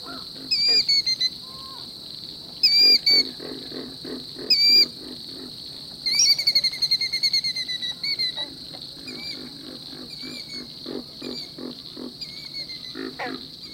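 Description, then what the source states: Killdeer giving repeated piercing alarm calls in clustered bursts of high slurred cries over a continuous insect drone. Alarmed killdeer calling at midnight in a southern marsh, rising above a busy nocturnal ambience.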